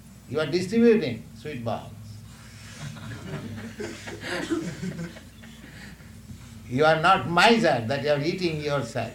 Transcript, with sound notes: you are distributing sweetballs. [laughter] You are not miser, that you are eating yourself.